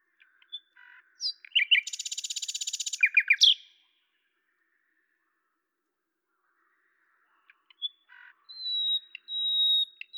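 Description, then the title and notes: Common nightingale song: stuttering notes leading into a fast buzzy rattle, a pause, then a thin drawn-out high whistle and soft notes. Recorded at Lavours, France, on 10/05/1998 with a Tascam DAP-1 recorder and Télingua microphone, edited in Samplitude 5.1. "rossignol à LAVOURS. D83, 01350 Lavours, France. 10/05/1998 Tascam DAP-1 Micro Télingua, Samplitude 5.1"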